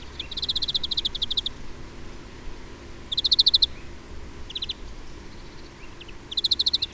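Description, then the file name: European greenfinch trills: rapid rattling note series in bursts every few seconds, with a few softer twitters between them. "Chloris chloris"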